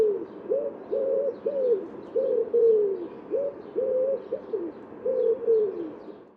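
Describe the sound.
Bird cooing steadily in many short tonal notes that rise and slur downward.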